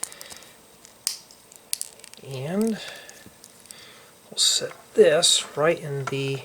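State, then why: Seated. Two plastic LEGO toy-brick lattice window panes are pressed into a 1x4x3 window frame, giving sharp snaps at 1.1 s and 1.7 s as they seat in place. Someone then talks.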